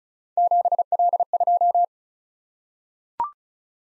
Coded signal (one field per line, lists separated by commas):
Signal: Morse code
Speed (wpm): 36 wpm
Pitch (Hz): 700 Hz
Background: none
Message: 7L2